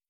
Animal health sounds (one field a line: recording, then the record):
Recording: hydrophone in a shrimp aquaculture tank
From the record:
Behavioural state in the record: starved